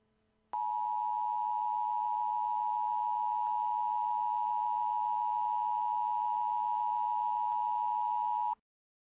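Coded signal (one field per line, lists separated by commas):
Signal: Emergency Alert System (SAME) tones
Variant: 853 and 960 Hz attention tone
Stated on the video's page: Fictional EAS scenario about a black hole, not a real alert.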